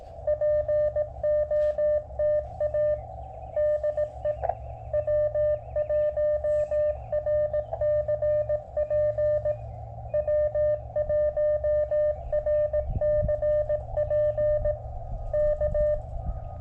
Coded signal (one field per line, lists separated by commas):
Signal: Morse code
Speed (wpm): 18 wpm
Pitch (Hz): 600 Hz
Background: radio noise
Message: POTA DE W1RCP W1RCP K